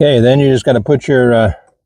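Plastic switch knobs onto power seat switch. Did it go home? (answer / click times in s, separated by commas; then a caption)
no / none. Someone talks while handling the plastic switch knobs for the power seat switch of a 2007 Toyota Camry, about to press them back on. The knobs must click into place or they will fall off. Nothing has seated or clicked yet.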